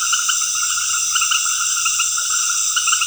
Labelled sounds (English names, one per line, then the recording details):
none
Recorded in dense forest near Puerto Asís, Putumayo, Colombia, on 13 March 2025 at 19:00
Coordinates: 0.481, -76.323
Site G088